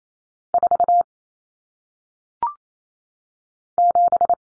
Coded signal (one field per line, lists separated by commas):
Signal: Morse code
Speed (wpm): 28 wpm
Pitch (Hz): 700 Hz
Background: none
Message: 4 7